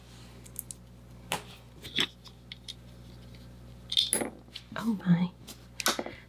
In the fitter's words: that did not stick.